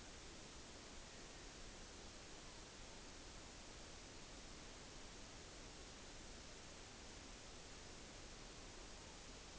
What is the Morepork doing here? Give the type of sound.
more-pork call